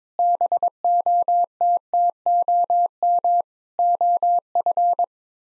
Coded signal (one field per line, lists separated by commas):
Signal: Morse code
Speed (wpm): 21 wpm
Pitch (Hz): 700 Hz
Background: none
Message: BOTTOM OF